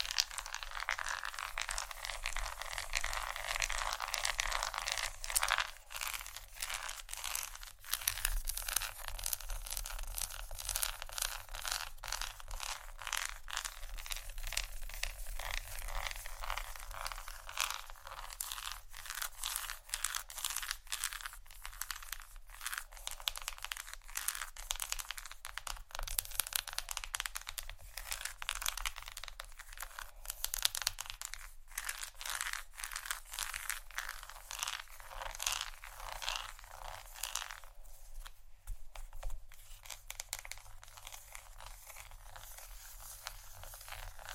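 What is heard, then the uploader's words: Tapping and scratching on chocolate, a dense run of crisp, dry clicks and scrapes that continues almost without pause for the whole stretch. The sound is bright and crackly, with a low hum underneath and a brief drop in activity near the 38-second mark. ASMR Tap & Scratch On Chocolate （No Talking）.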